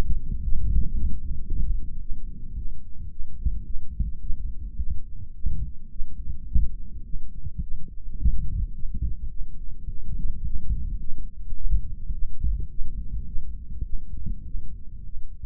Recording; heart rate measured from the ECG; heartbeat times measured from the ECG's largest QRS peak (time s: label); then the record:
heart sounds by microphone in the right ear; 107 bpm
0.42 s: heartbeat
0.94 s: heartbeat
1.46 s: heartbeat
2.00 s: heartbeat
2.55 s: heartbeat
3.10 s: heartbeat
3.64 s: heartbeat
4.20 s: heartbeat
4.77 s: heartbeat
5.33 s: heartbeat
5.89 s: heartbeat
6.46 s: heartbeat
7.03 s: heartbeat
7.60 s: heartbeat
8.17 s: heartbeat
8.73 s: heartbeat
9.29 s: heartbeat
9.86 s: heartbeat
10.43 s: heartbeat
10.99 s: heartbeat
11.54 s: heartbeat
12.12 s: heartbeat
12.69 s: heartbeat
13.25 s: heartbeat
13.83 s: heartbeat
14.43 s: heartbeat
15.03 s: heartbeat
From the record:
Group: healthy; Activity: rest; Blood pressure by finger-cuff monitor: 100/72 mmHg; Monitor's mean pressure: 79 mmHg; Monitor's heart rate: 107 bpm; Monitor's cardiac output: 7.3 L/min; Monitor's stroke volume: 69 mL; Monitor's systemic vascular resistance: 780 dyn s/cm5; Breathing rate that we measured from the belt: 26 breaths a minute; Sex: male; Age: 20 years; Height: 187 cm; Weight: 68.9 kg